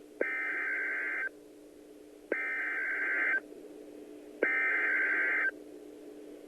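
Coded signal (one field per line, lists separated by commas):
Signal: Emergency Alert System (SAME) tones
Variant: header bursts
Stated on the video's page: EAS alerts from the Oklahoma City tornado outbreak, presented as a timeline.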